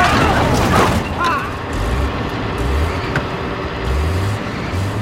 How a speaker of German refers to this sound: Doch der Fahrer gab Gas. Und ehe wir begriffen, was los war, hatte er uns frontal gerammt.